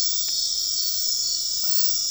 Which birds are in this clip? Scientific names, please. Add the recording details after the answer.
none. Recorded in dense forest near Puerto Asís, Putumayo, Colombia, on 18 February 2024 at 21:30. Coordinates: 0.500, -76.322. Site G6465